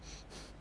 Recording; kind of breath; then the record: one breath in and out by a microphone near the nose and mouth; strong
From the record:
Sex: male